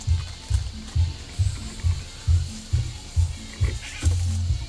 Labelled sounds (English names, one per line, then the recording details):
none
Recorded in pastures near Puerto Asís, Putumayo, Colombia, on 22 December 2024 at 10:30
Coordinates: 0.497, -76.327
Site G088